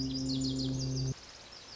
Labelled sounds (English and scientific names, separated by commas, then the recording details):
Lazuli Bunting (Passerina amoena)
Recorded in Sonoma County, California